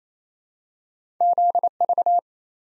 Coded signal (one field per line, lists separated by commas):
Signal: Morse code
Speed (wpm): 28 wpm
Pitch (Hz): 700 Hz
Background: none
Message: ZV